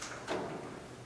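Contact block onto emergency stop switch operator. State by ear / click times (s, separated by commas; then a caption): not seated / none. A plastic snap-fit contact block is handled and pushed back toward an emergency stop switch body. Soft rustling and a brief broadband scrape around 0.3 s are heard at a fairly steady low level. Nothing has seated or clicked yet.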